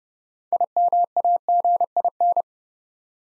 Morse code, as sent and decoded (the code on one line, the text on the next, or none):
.. -- .- --. .. -.
IMAGIN